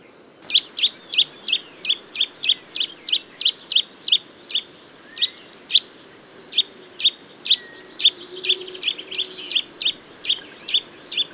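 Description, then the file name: Eurasian nuthatch giving sharp, high notes repeated rapidly and steadily throughout, about two or three per second, over a soft background hiss. "Sitta europaea"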